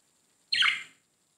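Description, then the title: Budgerigar squawk: one short, harsh, downslurred note lasting about half a second. "Budgie Sounds"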